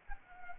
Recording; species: mosquito wingbeat signal from an infrared sensor; Anopheles arabiensis